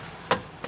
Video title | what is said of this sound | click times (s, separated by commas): New Compass 194 Demonstration | Simply push that up and it clicks back into place. | 0.3 s